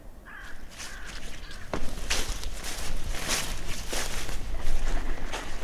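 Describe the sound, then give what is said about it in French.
A crow caws several times on a former mine-warfare battlefield, harsh raspy calls coming in uneven bursts over a steady rushing background noise, with no one speaking. “Une corneille, je crois.”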